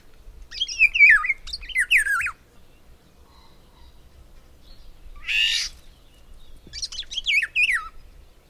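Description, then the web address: Bird singing descending whistled phrases with quick wavering notes, broken by one harsh rasping burst before another whistled phrase follows. "madarak enek"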